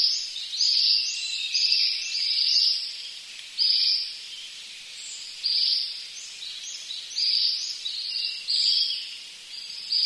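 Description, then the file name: Ashy minivet song of bright, high jingling trills that come in irregular bursts separated by brief pauses, with light hiss behind. "sanshokui"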